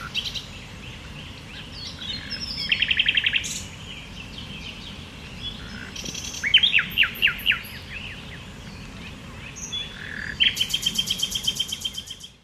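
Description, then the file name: Common nightingale song: a few phrases of fast repeated notes with varied whistles between them, over steady background noise. "Luscinia megarhynchos"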